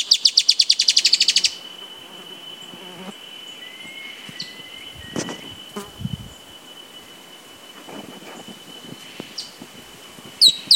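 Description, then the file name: Dusky-tailed antbird: a fast string of high, chipping notes, followed by faint whistles, soft buzzy sounds, low thumps and a steady high tone. Recorded at Ferradura, Canela, Rio Grande do Sul, Brazil, on 4-10-16. "Drymophila-malura-Reg Ferradura Canela RS-4-10-16-ASilveira"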